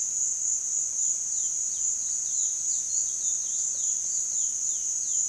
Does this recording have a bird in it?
yes